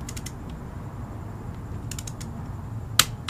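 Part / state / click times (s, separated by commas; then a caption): torque wrench on the second chain adjuster clamp bolt of a motorcycle rear hub / torque reached / 3.0 s. A torque wrench tightens the second chain adjuster clamp bolt on the rear hub of a 2008 Ducati 1098 motorcycle. Faint ratcheting ticks come through a low background hum before a sharp click at 3.0 s shows it has reached its setting, followed by one more light tick. The second bolt is confirmed torqued.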